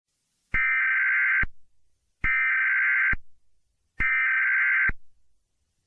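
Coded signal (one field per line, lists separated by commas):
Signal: Emergency Alert System (SAME) tones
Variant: header bursts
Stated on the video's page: Fictional EAS scenario made with CapCut, Audacity and text-to-speech software.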